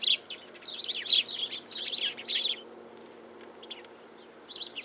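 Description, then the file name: House sparrow chirps in a lively burst over the first two and a half seconds, then mostly quiet with a few isolated chirps near the end. "Passer domesticus"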